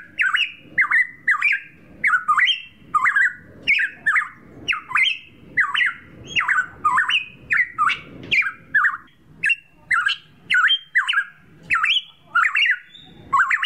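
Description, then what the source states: Straw-headed bulbul song: loud whistled phrases with sharp up-and-down sweeps, repeated steadily, over faint low clicking and rustling. Training song for caged birds, known in Indonesian as masteran.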